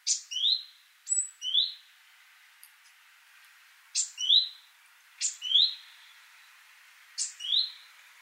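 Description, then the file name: Great tit calling with a clipped tick followed by a rising whistle, repeated five times with irregular pauses, over faint background hiss. "Parus major"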